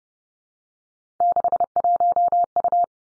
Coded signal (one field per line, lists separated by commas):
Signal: Morse code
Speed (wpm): 30 wpm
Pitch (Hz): 700 Hz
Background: none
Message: 61U